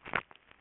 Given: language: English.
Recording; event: throat vibration sensor signal played as sound; swallow